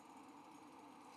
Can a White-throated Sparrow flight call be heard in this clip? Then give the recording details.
no. No flight call is heard. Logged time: 10:58 on 5 December 2014